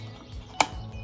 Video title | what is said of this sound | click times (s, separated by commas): document your life (capturing memories, developing film at home, tiktok vlogs, etc.) | it kind of just clicks into place that wasn't too hard | 0.6 s